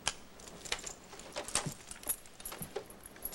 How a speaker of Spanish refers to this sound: Las llaves. Oye, de sus esposas.